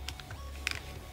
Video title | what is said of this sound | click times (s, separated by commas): Airsoft - VORSK VMP-1 SMG [French] | chargeur se clipse sans problème | 0.7 s